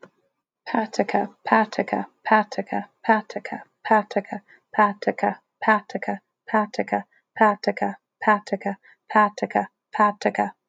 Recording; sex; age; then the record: repeated syllables /pa ta ka/; female; 30 to 39 years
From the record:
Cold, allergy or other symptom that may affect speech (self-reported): no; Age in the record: 32 years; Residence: Arizona, United States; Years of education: 18